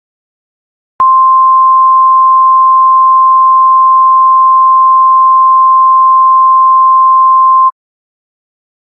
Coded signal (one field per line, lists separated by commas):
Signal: Emergency Alert System (SAME) tones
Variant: 1050 Hz attention tone